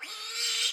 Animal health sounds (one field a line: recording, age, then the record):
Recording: pig call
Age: piglet (1 to 25 days)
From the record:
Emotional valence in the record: negative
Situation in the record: restrain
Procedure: in the arms of a person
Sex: female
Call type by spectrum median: high-frequency call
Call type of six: high-frequency stable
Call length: 0.73 s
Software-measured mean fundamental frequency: 420 Hz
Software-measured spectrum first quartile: 3177 Hz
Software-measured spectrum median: 4355 Hz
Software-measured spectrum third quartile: 6052 Hz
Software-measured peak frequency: 3677 Hz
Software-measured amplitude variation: 79 dB a second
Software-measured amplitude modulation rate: 24.0 a second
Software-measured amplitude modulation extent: 3.3 dB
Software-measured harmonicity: 1.6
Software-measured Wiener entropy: -1.68